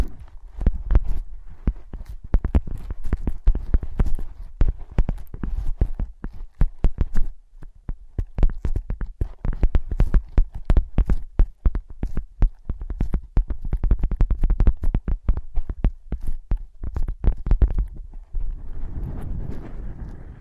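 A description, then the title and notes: Close, dry tapping on soft ear pads falls in quick irregular bursts, dense clusters of knocks with brief pauses around seven and seventeen seconds. The taps are low and muffled with crisp edges, and near the end a softer rubbing, scratching sound takes over. ASMR Using Ear Pads as Your Ears Tapping, Scratching, Tracing No Talking.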